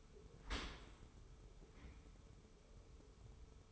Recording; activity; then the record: daily activity, microphone in the room; open dishwasher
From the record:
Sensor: 1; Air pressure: 1015.0 hPa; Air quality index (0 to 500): 25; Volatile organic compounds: 1 ppm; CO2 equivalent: 505 ppm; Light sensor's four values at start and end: 13/30/12/13 and 13/30/12/13